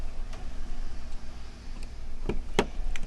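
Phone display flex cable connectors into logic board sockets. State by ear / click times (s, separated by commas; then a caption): seated / 2.6 s. Holding the new screen in one hand, someone presses the iPhone 6's display flex cable connectors onto their logic board sockets with the other, since they must click or they are not in. Over a low steady hum, faint ticks come at about 1.8, 2.3 and 3.0 s, with a sharp, loud click at 2.6 s. The display flex connectors click and seat onto the logic board.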